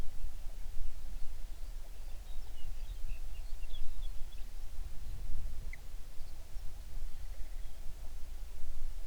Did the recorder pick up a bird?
yes